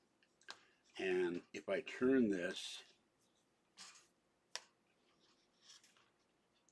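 Someone talks while turning a wheel's metal axle and pushing it into the hole in a folding shopping cart's metal frame, with short sharp knocks near 0.5 s and 4.6 s. The axle goes in only a little and stops without locking, so nothing has seated or clicked yet. The hole is thought to be stripped or scored.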